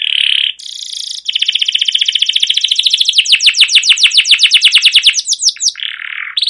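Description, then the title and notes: Canary song: a buzzy phrase leads into a long trill of repeated notes, then another buzz. Long continuous canary song used as a lure to train other canaries to sing. "CUIT CUIT NGEROL LANGSUNG GACOR PANJANG Kenari Ini AMPUH Utk Pancingan KENARI. burung kenari"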